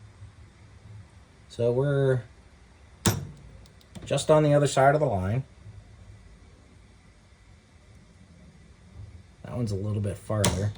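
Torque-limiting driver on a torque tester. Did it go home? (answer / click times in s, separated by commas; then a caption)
yes / 3.1 s. A preset torque-limiting driver set to 15 in-lbs is turned against a torque tester until it breaks over, giving a sharp click at 3.1 s followed by a few faint ticks. Someone talks before and after the click, and the tester lands just on the other side of the line.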